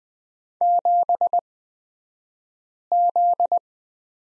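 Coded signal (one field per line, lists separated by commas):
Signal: Morse code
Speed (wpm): 20 wpm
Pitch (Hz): 700 Hz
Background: none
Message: 7Z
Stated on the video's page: Morse code course lesson on the letter Z, Farnsworth speed 20/10 wpm.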